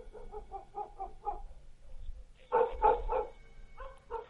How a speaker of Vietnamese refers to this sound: con chó nhà hàng xóm, nó cứ sủa nhấm nha nhấm nhẳng, thỉnh thoảng nó chu lên ông ổng, nghe đến quái dị.